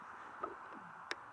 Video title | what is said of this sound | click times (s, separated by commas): Cordless drill ice auger with a Swede Bore hand auger and drill adapter. | see that click | 0.4 s, 1.1 s